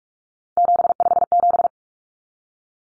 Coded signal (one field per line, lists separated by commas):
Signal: Morse code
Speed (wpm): 44 wpm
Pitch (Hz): 700 Hz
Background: none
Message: 757